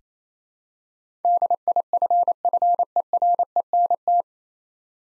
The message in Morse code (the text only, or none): DIFFERENT